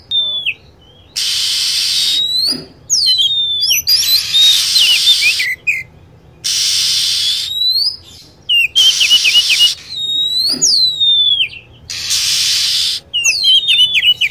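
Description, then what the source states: Lovebird calls: piercing, high chirps and downward-sliding squeaks, repeated in bursts and traded off with blocks of loud hissing noise. Lure sound played to attract lovebirds.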